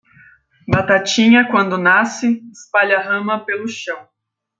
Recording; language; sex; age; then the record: short text; Brazilian Portuguese; female; 20 to 29 years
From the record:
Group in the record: control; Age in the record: 29 years